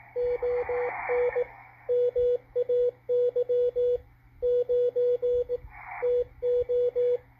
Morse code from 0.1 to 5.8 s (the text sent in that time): ON MAY 9